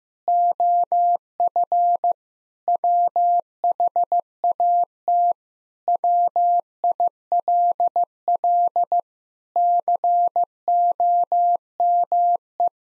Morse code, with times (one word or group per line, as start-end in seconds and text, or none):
0.3-2.1 OF
2.7-5.3 WHAT
5.9-9.0 WILL
9.6-12.7 COME